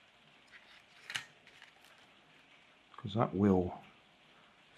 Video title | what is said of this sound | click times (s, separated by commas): Postbag 20200618 JST SM connectors | there too even though it doesn't click on properly that | 1.2 s